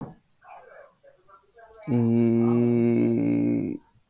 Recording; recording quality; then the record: sustained vowel as in beet; excellent, no background noise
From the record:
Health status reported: healthy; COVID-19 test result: negative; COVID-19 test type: RT-PCR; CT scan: not taken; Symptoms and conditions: cold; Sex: male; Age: 20 years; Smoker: no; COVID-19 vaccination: both doses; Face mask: worn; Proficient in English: yes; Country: India